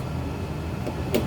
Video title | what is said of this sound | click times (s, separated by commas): Neon Transfection System using 10uL tips | like this it makes a clicking sound once again | 1.2 s